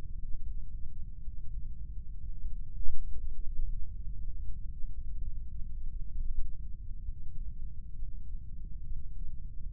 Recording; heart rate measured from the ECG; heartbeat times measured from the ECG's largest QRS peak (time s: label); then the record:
heart sounds by microphone in the left ear; 63 bpm
0.15 s: heartbeat
1.18 s: heartbeat
2.19 s: heartbeat
3.19 s: heartbeat
4.17 s: heartbeat
5.13 s: heartbeat
6.07 s: heartbeat
7.00 s: heartbeat
7.92 s: heartbeat
8.81 s: heartbeat
9.70 s: heartbeat
From the record:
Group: heart failure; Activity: Valsalva maneuver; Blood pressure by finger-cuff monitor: 91/59 mmHg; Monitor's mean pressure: 67 mmHg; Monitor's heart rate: 61 bpm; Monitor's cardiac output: 5 L/min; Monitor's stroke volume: 85 mL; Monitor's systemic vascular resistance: 1010 dyn s/cm5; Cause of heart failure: ischemic heart disease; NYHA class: 1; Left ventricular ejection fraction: 33%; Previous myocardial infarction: absent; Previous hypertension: absent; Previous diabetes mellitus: absent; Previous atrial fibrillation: absent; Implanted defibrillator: present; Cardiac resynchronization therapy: absent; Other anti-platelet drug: absent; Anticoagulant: apixaban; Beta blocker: carvedilol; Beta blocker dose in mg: 18.75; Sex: male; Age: 39 years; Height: 168 cm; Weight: 72 kg